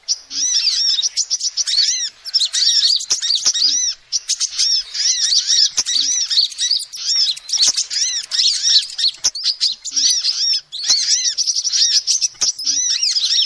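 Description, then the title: Lovebird calls in a nonstop shrill chatter, high arched chirps packed tightly with occasional short breaks and soft clicks. Lovebird call used as a lure to trap birds. "PIKAT BURUNG LOVEBIRD"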